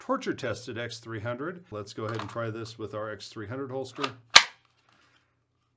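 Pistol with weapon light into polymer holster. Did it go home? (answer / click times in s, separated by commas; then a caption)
yes / 4.6 s. A DR920 pistol fitted with a torture-tested X300 light is pushed into a polymer X300 holster while someone talks. A single sharp snap at 4.6 seconds marks the pistol clicking into the holster's retention, and it is seated with good retention.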